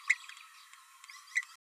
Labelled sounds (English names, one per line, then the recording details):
Green-rumped Parrotlet babbling
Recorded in a nest box in Venezuela
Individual 18B12A3